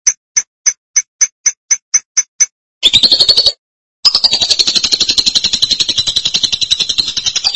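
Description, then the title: Lovebird chirps: about nine sharp high chips evenly spaced, then a burst of rapid shrill chattering, a short pause, and sustained fast buzzy chatter. "BM Suara Burung Lovebird"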